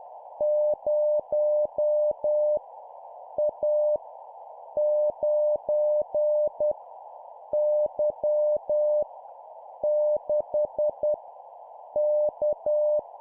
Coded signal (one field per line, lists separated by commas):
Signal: Morse code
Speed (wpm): 10 wpm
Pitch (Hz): 600 Hz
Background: none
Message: 0 A 9 Y 6 K